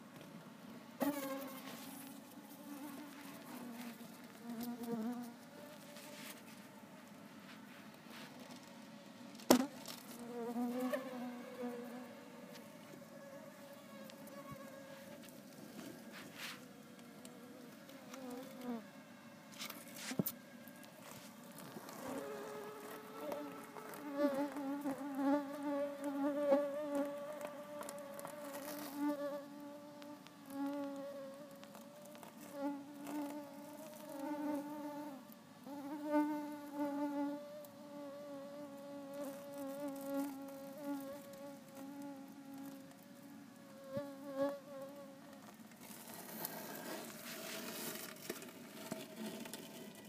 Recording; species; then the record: mosquito flight sound by mobile phone; Culex tarsalis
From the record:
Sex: female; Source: PrakashLab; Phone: iPhone 4S